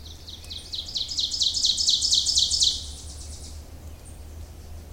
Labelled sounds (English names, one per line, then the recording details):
Ovenbird song
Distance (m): 20 m
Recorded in boreal forest in Alberta, Canada, on 26 May 2016 at 07:57
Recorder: SongMeter 3, array SBT-3-15
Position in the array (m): 59 m, 220 m
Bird 20